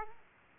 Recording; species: mosquito wingbeat signal from an infrared sensor; Aedes aegypti